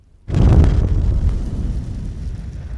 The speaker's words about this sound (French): 17 juin, forte explosion au milieu de la nuit. Un jeune ouvrier du village voisin a mis le feu à une pompe à essence.